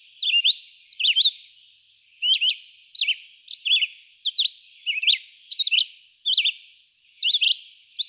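Red-eyed vireo giving brief whistled phrases, each slurred up or down, in a monotonous series with short gaps between.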